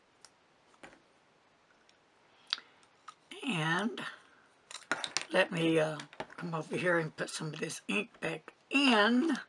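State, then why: Seated. A refilled plastic ink cartridge, filled with a syringe, is pushed onto the nib section of a plastic Kaweco Sport pocket fountain pen. Light handling taps lead up to a sharp click at 2.5 s as the cartridge seats. Someone then talks over further small clicks and taps.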